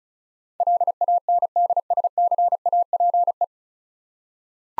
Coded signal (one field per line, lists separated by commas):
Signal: Morse code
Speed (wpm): 34 wpm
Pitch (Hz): 700 Hz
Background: none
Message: LANDSCAPE